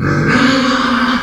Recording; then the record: squeal of a Yucatan mini pig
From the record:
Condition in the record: after surgery on the right vocal fold (resection and tissue-engineered implant); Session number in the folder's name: 14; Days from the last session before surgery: 133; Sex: female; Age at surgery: 19 weeks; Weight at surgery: 25 kg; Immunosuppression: prednisolone